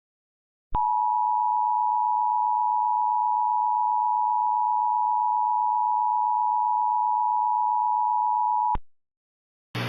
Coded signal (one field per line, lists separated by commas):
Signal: Emergency Alert System (SAME) tones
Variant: 853 and 960 Hz attention tone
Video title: EAS Recreation Mock: "The widest tornado in history" - El Reno, 2013 | #MockMasterChallenge (1 of 2)